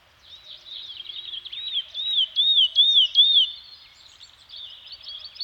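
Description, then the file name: Bird song of high, looping warbled notes, rising and falling like a rolling whistle, with faint twittering around it. Birds singing in a Scandinavian forest. "Nature Soundscape - Scandinavian Forest Environment with Birds Singing"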